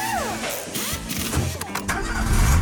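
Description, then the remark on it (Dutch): A car engine cranks with a whining starter, sputters through a few bursts, then catches and settles into a steady, loud low rumble. “Wel altijd kunnen rekenen op je auto?”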